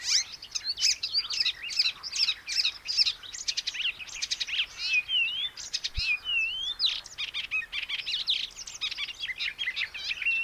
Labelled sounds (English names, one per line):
Icterine Warbler song